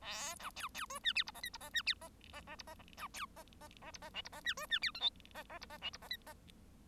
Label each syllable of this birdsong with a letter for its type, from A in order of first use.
A B C C D E F G H I G H E F H H H G H B C H H H G H J G H E D E F K L H H G H J G H I H